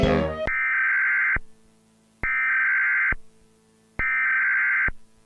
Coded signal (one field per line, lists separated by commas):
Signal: Emergency Alert System (SAME) tones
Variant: header bursts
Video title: (please) EAS Interupts Spongebob and the Cave and Patrick gets in shape on NickToons TV